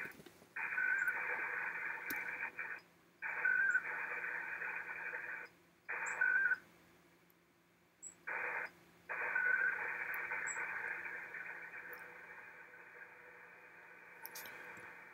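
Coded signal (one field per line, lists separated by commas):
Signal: HF data modem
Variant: ARDOP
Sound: rushing hiss-like data bursts of varying length with short pauses between them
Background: radio static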